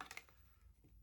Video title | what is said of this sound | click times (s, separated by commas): Stop living with carpet stains, I found a fix that actually works the UWANT Portable Carpet Cleaner. | And then you would just slide it in. Hear it click and lock. | 0.0 s